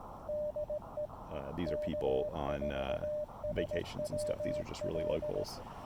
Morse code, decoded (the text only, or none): DE K4SWL